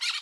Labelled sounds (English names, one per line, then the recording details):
Brown-throated Parakeet contact call
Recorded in Curacao
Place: N of oil terminal (Bullenbaai)
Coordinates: 12.200, -69.020